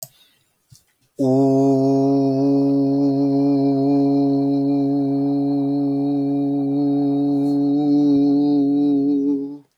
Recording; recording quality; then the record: sustained vowel as in boot; excellent, no background noise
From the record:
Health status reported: exposed to COVID-19, no respiratory illness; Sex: male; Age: 26 years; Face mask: not worn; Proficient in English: yes